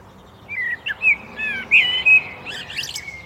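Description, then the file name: Common blackbird song fragment: a string of mellow warbled whistles, then a burst of thin high twittering notes. "Turdus merula"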